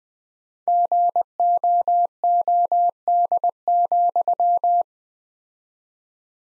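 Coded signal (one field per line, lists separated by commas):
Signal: Morse code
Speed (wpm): 20 wpm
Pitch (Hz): 700 Hz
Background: none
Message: GOOD,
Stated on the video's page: Morse practice at 20 wpm: sentences from the top 200 words with 4x standard word spacing, a word-level analogue of Farnsworth spacing.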